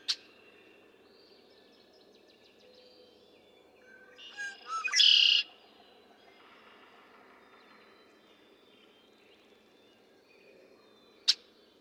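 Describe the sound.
Red-winged blackbird song, a few introductory notes swelling into one harsh buzzy trill, framed by long quiet stretches with sharp clicks near the start and end.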